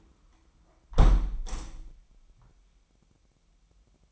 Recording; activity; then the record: daily activity, microphone in the room; close window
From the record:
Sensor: 1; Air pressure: 998.2 hPa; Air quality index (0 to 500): 140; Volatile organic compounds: 4 ppm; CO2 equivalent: 1678 ppm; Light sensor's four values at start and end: 16/53/21/21 and 16/53/21/21